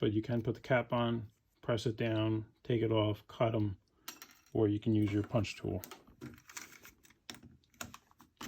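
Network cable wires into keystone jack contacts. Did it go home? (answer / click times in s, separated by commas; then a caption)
no / none. Someone talks while handling network cable wires at a Cat 5, 5e or 6 Ethernet keystone jack, where a cap can be pressed down or an impact punch-down tool can seat the twisted-pair wires into the jack's contacts. After the talking, faint scattered ticks and light handling noises follow. Nothing has seated or clicked yet, and no wire has been punched down.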